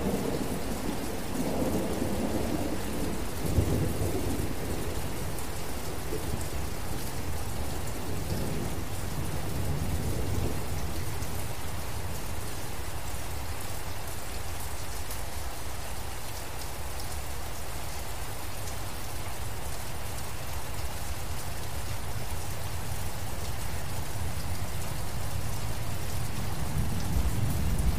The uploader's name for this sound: Rain & Thunder Sounds In Forest